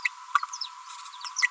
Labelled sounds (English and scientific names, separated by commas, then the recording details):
Green-rumped Parrotlet (Forpus passerinus) babbling
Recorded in a nest box in Venezuela
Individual 18B25A4